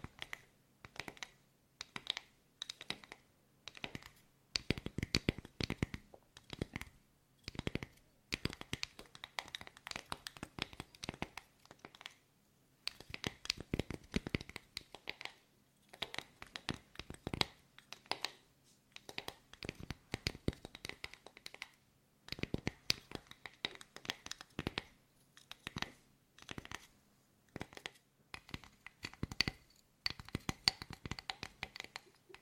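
Tapping in quick, uneven bursts, each a cluster of sharp clicks lasting a second or two, separated by short silences. The taps are crisp and bright, with a few heavier, fuller hits around five, fourteen and twenty-two seconds. A faint low hum sits underneath throughout.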